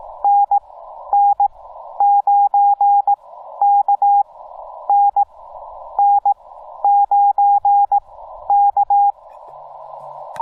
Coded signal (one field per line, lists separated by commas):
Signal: Morse code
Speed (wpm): 17 wpm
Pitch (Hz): 810 Hz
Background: none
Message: NN9K NN9K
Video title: POTA at Canyonlands National Park, near Moab, Utah!!!